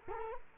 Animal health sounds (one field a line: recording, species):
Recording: mosquito wingbeat signal from an infrared sensor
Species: Culex quinquefasciatus